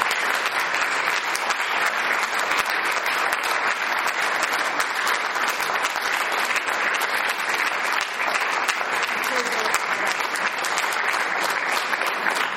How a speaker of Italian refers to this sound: Lo ringrazierei Paolo Cognetti con un applauso. Grazie.